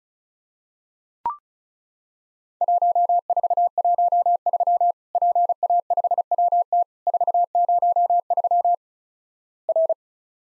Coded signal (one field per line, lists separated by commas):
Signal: Morse code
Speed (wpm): 36 wpm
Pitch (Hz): 700 Hz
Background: none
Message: 1413 PA5WT 403 R